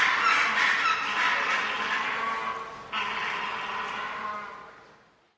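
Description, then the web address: Penguin colony chorus, harsh overlapping calls blending into a steady roar that fades away at the end. Large penguin colony, recorded as indoor ambience. "bird penguin large penguin colony indoor ambience"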